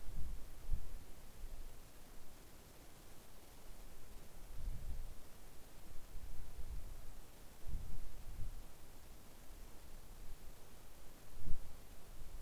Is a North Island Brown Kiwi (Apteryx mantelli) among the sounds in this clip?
no